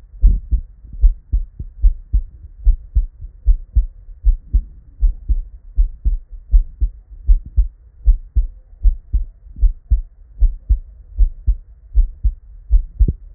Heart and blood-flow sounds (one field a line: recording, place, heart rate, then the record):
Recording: heart sounds by stethoscope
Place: Erb's point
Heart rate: 77 bpm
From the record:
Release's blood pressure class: normal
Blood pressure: 106/60 mmHg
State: at rest